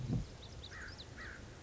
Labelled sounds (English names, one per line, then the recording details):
American Crow
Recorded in Sonoma County, California